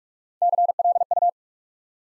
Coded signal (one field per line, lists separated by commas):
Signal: Morse code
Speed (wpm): 44 wpm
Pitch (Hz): 700 Hz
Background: none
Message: CLU